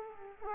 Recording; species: mosquito wingbeat signal from an infrared sensor; Culex quinquefasciatus